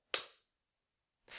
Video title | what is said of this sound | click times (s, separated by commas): Garmin 7 inch Powered Suction Mount: Overview (010-11932-00) | push down on the bottom of the cradle and you'll hear it click when it secures in there | 0.1 s